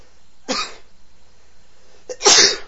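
Two sneezes from an adult male, a shorter one followed by a louder, longer one, each a sharp burst of hissing, high-pitched noise.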